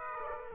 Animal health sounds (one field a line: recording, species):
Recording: mosquito wingbeat signal from an infrared sensor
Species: Aedes aegypti